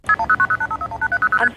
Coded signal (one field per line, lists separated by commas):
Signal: multi-frequency trunk signalling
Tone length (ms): 70 ms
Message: KP21090851800ST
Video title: Walk on the Wild Side: Hackers and Phreakers